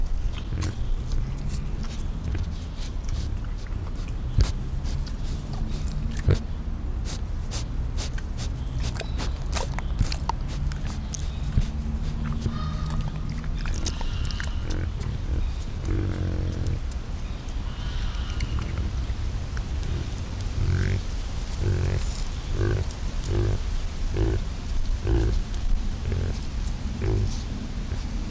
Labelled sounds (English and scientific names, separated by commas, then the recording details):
Collared Peccary (Pecari tajacu)
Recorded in captivity
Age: adult
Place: Tierpark Berlin, Berlin, DE
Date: 1994-07-09 13:10
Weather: heiter, 16-20°C, böiger Wind
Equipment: Marantz CP 430, Sennheiser ME 80, Kopie Uher Variocord 263
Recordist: Tembrock, Günter